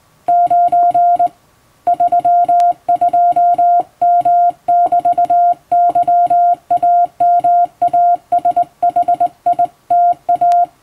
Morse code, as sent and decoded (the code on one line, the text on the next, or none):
----. / ...-- ..--- -- -...- -.-- .- -- .- ... .... .. - .-
9 32M<BT>YAMASHITA